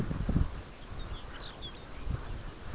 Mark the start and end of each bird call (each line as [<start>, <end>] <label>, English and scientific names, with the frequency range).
[0.53, 2.52] Lapland Longspur (Calcarius lapponicus) (2.1-6.2 kHz)